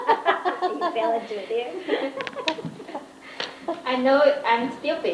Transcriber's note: laughter